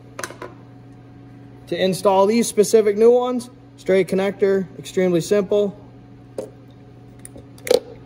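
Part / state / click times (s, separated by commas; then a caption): LED headlight bulb plug into vehicle headlight harness connector / seated / 7.7 s. An AuxBeam LED headlight bulb's plug is pushed straight onto the headlight harness connector of an LBZ Duramax truck while someone talks. After a few faint handling taps, a sharp click at 7.7 s marks the connector latching, and the plug is seated.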